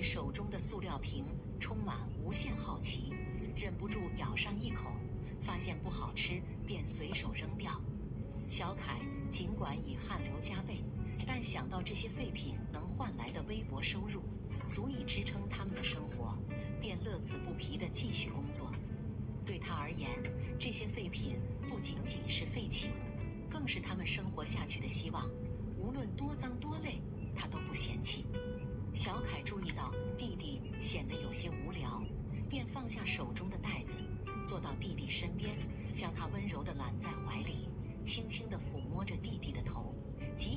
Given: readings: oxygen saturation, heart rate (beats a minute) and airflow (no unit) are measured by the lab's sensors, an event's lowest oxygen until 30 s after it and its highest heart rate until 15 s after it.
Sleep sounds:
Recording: a person awake in a sleep study, by a smartphone at the bedside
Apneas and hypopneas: none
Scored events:
0.00-40.57 s: awake
From the record:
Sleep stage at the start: awake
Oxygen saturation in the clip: 95 to 96%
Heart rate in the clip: 71 to 75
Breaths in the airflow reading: 9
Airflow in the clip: -3.1 to 4.1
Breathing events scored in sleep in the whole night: 131 in 7.2 hours asleep

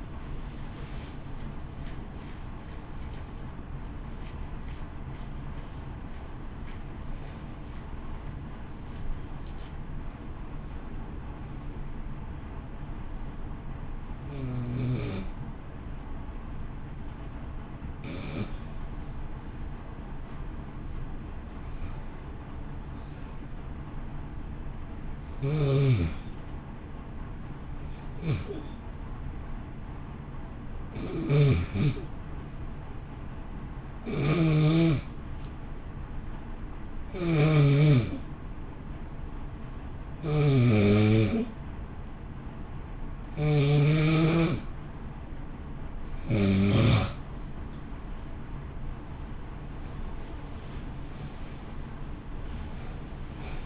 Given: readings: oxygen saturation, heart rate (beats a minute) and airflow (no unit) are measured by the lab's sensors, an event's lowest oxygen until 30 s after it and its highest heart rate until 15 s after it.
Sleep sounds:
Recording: breathing in sleep by a smartphone at the bedside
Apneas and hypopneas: 1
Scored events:
19.00-48.80 s: hypopnea (N1, oxygen 95% highest, then 90% lowest, heart rate 54 at the start, 65 highest)
From the record:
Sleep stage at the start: N1 (lightest sleep)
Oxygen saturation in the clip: 89 to 95%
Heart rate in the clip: 53 to 63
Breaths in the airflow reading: 21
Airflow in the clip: -1.6 to 1.1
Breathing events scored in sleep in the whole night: 328 in 6.3 hours asleep

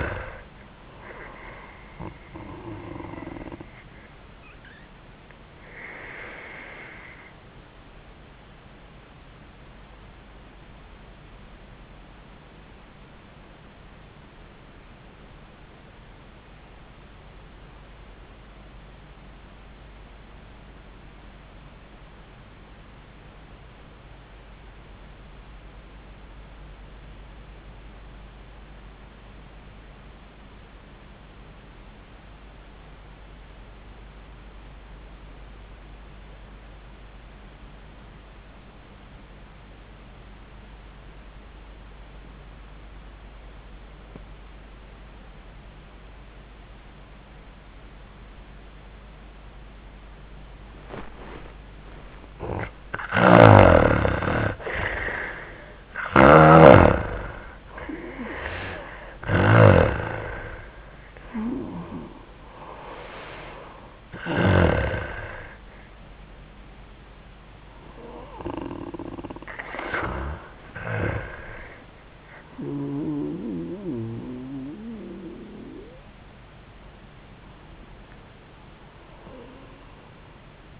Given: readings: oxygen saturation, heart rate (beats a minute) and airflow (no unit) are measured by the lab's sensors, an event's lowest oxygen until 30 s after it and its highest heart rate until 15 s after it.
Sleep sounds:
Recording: breathing in sleep by a voice recorder at the bedside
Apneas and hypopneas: 1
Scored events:
10.00-51.60 s: obstructive apnea (N1, oxygen 98% highest, then 76% lowest, heart rate 80 at the start, 85 highest)
14.00-44.00 s: new sleep stage, REM sleep
44.00-80.79 s: new sleep stage, N1 (lightest sleep)
From the record:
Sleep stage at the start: N1 (lightest sleep)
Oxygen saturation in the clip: 76 to 98%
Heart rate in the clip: 66 to 88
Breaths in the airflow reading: 5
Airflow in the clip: -7.6 to 4.2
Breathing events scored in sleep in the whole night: 400 in 8.7 hours asleep

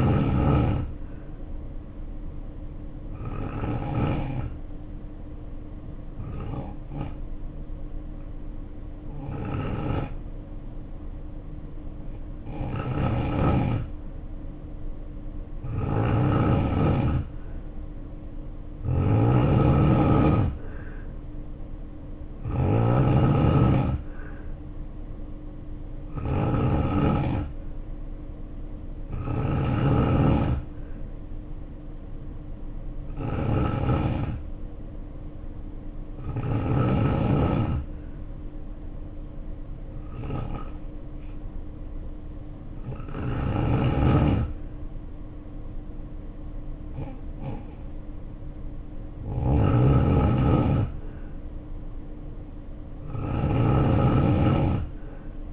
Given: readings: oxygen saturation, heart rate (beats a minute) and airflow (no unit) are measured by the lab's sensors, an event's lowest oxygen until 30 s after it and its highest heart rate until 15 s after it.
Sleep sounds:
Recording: breathing in sleep by a smartphone at the bedside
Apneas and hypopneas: 2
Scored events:
8.00-22.30 s: hypopnea (N2, oxygen 92% highest, then 87% lowest, heart rate 60 at the start, 64 highest)
35.00-48.40 s: hypopnea (N2, oxygen 93% highest, then 90% lowest, heart rate 58 at the start, 64 highest)
From the record:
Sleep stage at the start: N2 (light sleep)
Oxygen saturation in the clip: 87 to 93%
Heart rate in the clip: 58 to 64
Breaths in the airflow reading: 16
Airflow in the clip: -2.1 to 2.9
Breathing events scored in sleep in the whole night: 520 in 7.2 hours asleep

